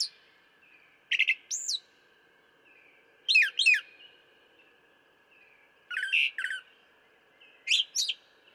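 Brown thrasher song of doubled phrases, each pair of sharp, sweeping notes separated by a second or two of quiet.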